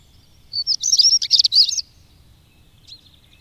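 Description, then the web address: European stonechat giving one short scratchy, chattering warble of rapid high notes lasting about a second, then a faint single high note after a pause. "Madardalok Cigánycsuk"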